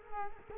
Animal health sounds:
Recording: mosquito wingbeat signal from an infrared sensor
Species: Culex quinquefasciatus

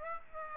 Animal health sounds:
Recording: mosquito wingbeat signal from an infrared sensor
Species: Aedes aegypti

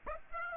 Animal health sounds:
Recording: mosquito wingbeat signal from an infrared sensor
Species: Aedes aegypti

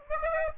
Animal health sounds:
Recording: mosquito wingbeat signal from an infrared sensor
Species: Aedes aegypti

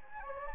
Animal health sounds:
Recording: mosquito wingbeat signal from an infrared sensor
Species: Anopheles gambiae

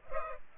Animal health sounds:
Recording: mosquito wingbeat signal from an infrared sensor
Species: Culex pipiens

